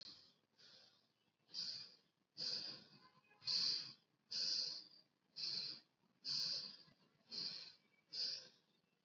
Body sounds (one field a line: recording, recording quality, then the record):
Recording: shallow breathing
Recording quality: excellent, no background noise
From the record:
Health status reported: COVID-19 positive, mild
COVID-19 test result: positive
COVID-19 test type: RT-PCR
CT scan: not taken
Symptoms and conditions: cough, fever, fatigue, diabetes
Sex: female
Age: 60 years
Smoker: no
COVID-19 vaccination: both doses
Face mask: not worn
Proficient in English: yes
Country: India